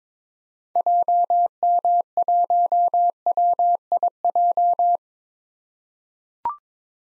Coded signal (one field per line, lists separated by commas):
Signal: Morse code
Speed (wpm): 22 wpm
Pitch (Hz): 700 Hz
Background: none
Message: JM1WIJ